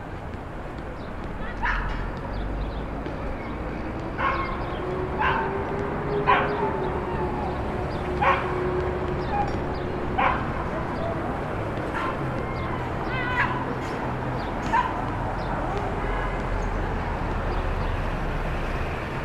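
From a Brooklyn rooftop, a dog barks in short, repeated yips every second or two over a steady low city rumble and passing hum.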